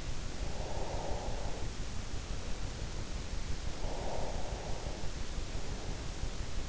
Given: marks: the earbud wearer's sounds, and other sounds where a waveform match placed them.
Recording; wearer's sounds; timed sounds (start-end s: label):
sounds in sleep by an in-ear microphone; breath
0.27-1.82 s: breath
3.50-4.89 s: breath